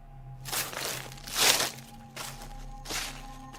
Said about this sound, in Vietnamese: Ông bỗng nhiên loáng thoáng nghe bên tai có tiếng bước chân.